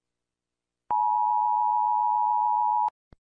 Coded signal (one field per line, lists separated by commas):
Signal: Emergency Alert System (SAME) tones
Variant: 853 and 960 Hz attention tone